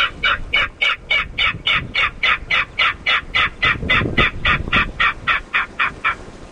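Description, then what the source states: King Rail call, a rapid, evenly repeated series of many harsh clapping notes, about three and a half per second. Played back from a loop running from an hour and a half after sunset to an hour and a half before sunrise, as loud as 95 decibels, to attract rails to study sites.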